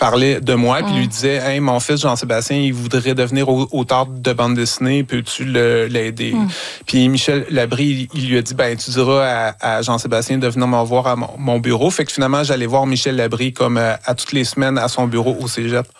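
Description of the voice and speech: An adult man who has stuttered since childhood tells a story in French, with a few stretched sounds and one repeated word, signs of mild stuttering.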